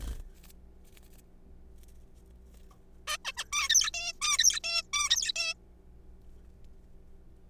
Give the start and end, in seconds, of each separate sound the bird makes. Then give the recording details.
3.07-3.17, 3.25-3.32, 3.37-3.44, 3.53-3.69, 3.70-3.91, 3.94-4.13, 4.22-4.38, 4.39-4.59, 4.64-4.82, 4.93-5.32, 5.36-5.54. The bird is a juvenile. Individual R3428